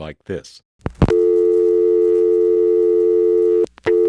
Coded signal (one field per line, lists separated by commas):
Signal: telephone call progress tone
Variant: North America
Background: speech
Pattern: dial tone